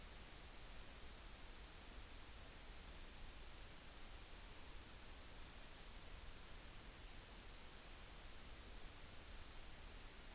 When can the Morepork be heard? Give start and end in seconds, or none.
none